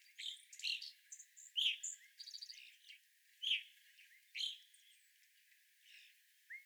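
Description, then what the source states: Evening grosbeaks giving loud, clear, slurred single chirps every second or so, with a short buzzy rattle and softer background calls. Several evening grosbeaks, recorded 25 April 2021.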